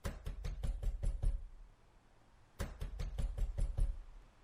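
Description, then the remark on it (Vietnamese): Two rapid bursts of heavy pounding on a room door by a woman knocking repeatedly, about six loud thuds each, separated by a short pause. The blows are deep and booming, with no voices. “Thu đập cửa liên hồi.”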